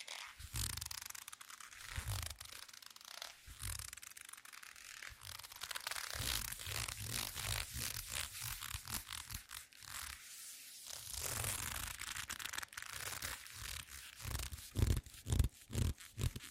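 Squeaky leather glove sounds: dense, irregular bursts of creaking and crinkling friction with brief gaps, getting sharper and louder near the end.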